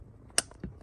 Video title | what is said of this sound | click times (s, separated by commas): Audi A5 1.8 TFSI coolant reservoir replacement header tank | oh clicked in make sure it clicks in here not that it's here | 0.4 s